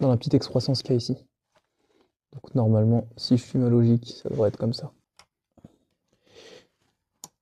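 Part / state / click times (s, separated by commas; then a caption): crimp terminal into car electrical plug housing / seated / 7.2 s. A newly crimped metal terminal is pushed into the plastic housing of a car electrical plug for a 205 (GTI), with its small tab lined up with the slot. Someone talks, then there is some faint handling before a sharp small click at 7.2 s as the terminal seats in the housing.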